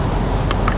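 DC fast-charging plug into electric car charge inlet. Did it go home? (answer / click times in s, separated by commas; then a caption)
no / none. A thick, stiff DC fast-charging plug is handled at the charge inlet of a Toyota bZ after a 25-hour cold soak, after a first attempt the charger did not detect and a check that no adapter is left in the inlet. Over steady outdoor wind-like rumble, two short, sharp taps sound at 0.5 s and 0.7 s. Nothing has seated or clicked yet.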